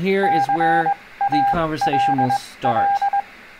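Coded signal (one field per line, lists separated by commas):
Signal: Morse code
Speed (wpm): 20 wpm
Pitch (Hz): 800 Hz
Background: speech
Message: CALL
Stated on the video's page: Beginner CW lesson on answering a CQ call.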